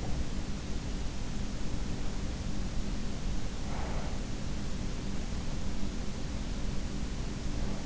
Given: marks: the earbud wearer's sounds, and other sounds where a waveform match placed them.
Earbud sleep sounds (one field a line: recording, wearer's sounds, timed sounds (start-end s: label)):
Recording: sounds in sleep by an in-ear microphone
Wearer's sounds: breath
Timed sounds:
3.38-4.39 s: breath